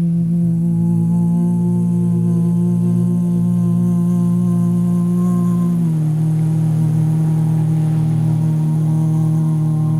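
A sustained gong or singing bowl tone drones steadily throughout, low and full with a stack of ringing overtones above it. Near the six-second mark the pitch drops slightly and the upper ringing thins, while a soft hiss lingers underneath.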